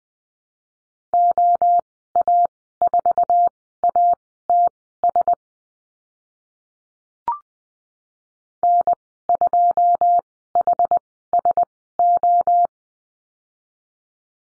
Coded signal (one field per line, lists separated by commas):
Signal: Morse code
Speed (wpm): 20 wpm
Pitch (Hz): 700 Hz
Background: none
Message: OA4ATS N2HSO